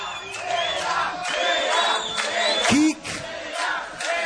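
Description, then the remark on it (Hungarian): A large crowd chants "Héják!" and cheers loudly and continuously, with rhythmic surges of shouting voices and a few high whoops rising above the roar. “Hadd halljuk egy HÉJÁK! HÉJÁK! HÉJÁK! Gyerünk, gyerünk, gyerünk, gyerünk, gyerünk, gyerünk!”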